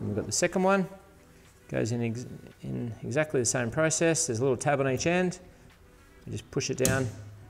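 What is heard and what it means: Someone talks while fitting the second plastic pole plate onto the frame of a Daikin air purifier unit, ready to push it down by the tab on each end. Only speech is heard, with no sharp click sounds. The plate is not yet home, and nothing has seated or clicked.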